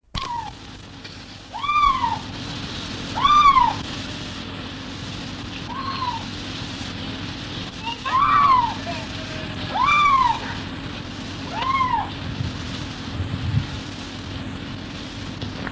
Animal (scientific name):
Lynx lynx